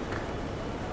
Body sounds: background sound without coughing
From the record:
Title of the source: Train Station Sounds Paris

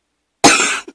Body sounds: coughing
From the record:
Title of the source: 64 coughing, allergies, singing lungs

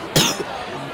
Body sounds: coughing mixed with background sound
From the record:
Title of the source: Wet coughing

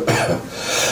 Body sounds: coughing mixed with background sound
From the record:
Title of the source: Cough Around the Clock!

